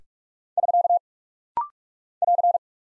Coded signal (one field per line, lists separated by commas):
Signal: Morse code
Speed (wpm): 46 wpm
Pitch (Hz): 700 Hz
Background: none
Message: <SK> <AR>